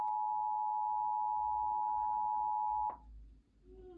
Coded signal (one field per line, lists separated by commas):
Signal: Emergency Alert System (SAME) tones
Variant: 853 and 960 Hz attention tone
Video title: TV - Child Abduction Emergency [EAS #280] (10/25/22)